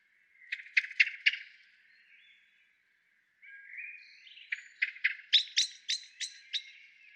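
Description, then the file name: Common blackbird singing softly, a burst of sharp clicking notes, then soft warbling, and a longer run of strong repeated clicking notes. "Turdus merula"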